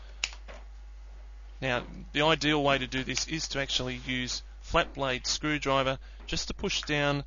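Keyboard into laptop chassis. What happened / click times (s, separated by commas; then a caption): A plastic panel snapped into its latches / 0.2 s. A laptop keyboard, slid into position, is pressed down gently but firmly into the laptop chassis, giving a single sharp, short click at 0.2 seconds as it snaps into place. Afterward someone talks.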